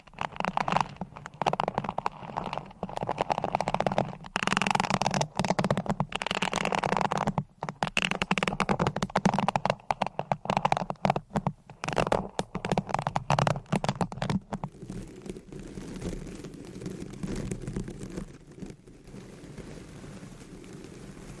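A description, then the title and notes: Dense scratching and tapping with quick, irregular strokes fill the first fifteen seconds, broken by brief sharp gaps. After about fifteen seconds the sound turns softer and lower, a muffled steady rubbing like massage with fewer crisp scratches. Scratching , Tapping , Massage & More No Talking.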